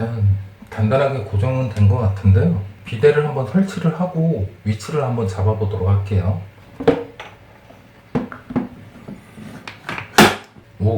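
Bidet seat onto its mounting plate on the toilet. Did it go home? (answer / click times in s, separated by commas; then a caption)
yes / 10.2 s. A bidet seat, the Mango Bidet direct-water minimal full-stainless MB-R1811 with instant hot water, is slid onto its mounting plate on the toilet bowl. Someone talks through most of the clip, then several short knocks follow. The seat clicks and latches in place at 10.2 s.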